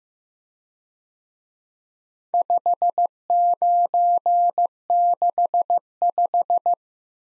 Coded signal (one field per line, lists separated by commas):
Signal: Morse code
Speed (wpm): 17 wpm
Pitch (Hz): 700 Hz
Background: none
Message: 5965